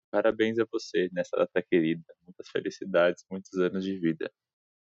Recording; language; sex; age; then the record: short text; Brazilian Portuguese; male; 20 to 29 years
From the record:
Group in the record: control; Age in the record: 26 years